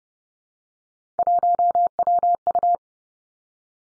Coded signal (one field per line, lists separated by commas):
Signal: Morse code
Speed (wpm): 30 wpm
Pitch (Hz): 700 Hz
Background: none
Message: 1WU